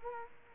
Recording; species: mosquito wingbeat signal from an infrared sensor; Culex quinquefasciatus